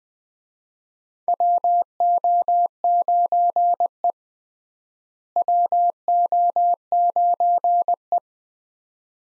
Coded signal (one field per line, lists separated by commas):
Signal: Morse code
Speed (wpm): 20 wpm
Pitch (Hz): 700 Hz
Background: none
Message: WO9E WO9E